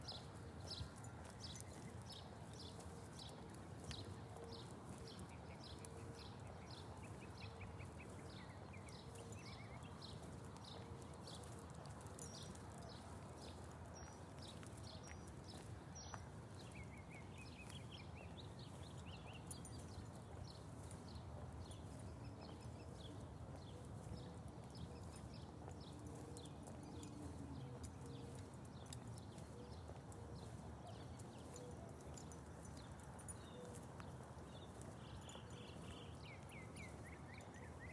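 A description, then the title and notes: Birds chirp at daybreak, a fast, steady stream of high, repeated notes that runs for the whole 38 seconds with hardly a pause. A low, constant rumble sits underneath, with soft knocking sounds and a brief rising call near the end. Birds chirping to welcome the day on a walk in Phoenix, Arizona.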